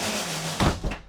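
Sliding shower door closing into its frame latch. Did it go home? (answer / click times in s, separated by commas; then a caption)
yes / 0.6 s. A sliding shower door in the bathroom of a light, aluminum-framed Surveyor 19MDBLE travel trailer slides shut into its frame latch, with a sliding rumble leading up to a short, thud-like knock at 0.6 s and a softer knock just after. The door latches and locks into place so no water can get out.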